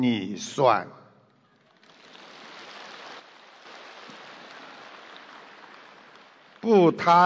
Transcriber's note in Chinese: 掌声